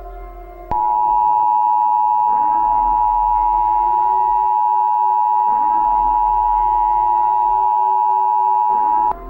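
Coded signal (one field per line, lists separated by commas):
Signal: Emergency Alert System (SAME) tones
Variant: 853 and 960 Hz attention tone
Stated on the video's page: Fictional EAS scenario.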